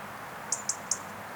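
European robin calling three sharp, high ticks in quick succession, each with a brief fading tail, against soft background hiss.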